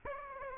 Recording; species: mosquito wingbeat signal from an infrared sensor; Aedes aegypti